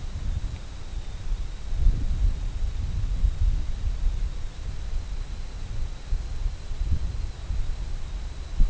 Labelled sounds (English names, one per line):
none